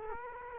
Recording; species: mosquito wingbeat signal from an infrared sensor; Culex quinquefasciatus